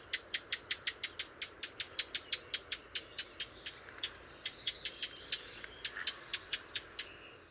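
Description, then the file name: Eurasian blackcap giving hard, dry tacking calls in a fast series. "Sylvia atricapilla"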